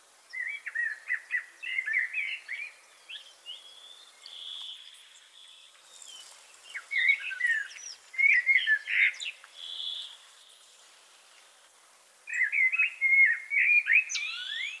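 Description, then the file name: Common blackbird song, three warbled phrases with fluty notes and high twittery notes, separated by pauses. "Turdus merula"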